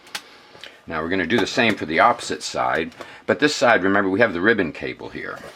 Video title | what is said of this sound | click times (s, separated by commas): Six CD Changer Repair GMC, Chevrolet, Honda, Toyota and MANY Others | this side cover slips into the back of the bottom case and will snap into place | 0.1 s, 0.6 s